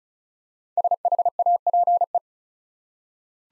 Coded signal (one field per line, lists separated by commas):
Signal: Morse code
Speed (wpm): 36 wpm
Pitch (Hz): 700 Hz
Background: none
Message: SHAPE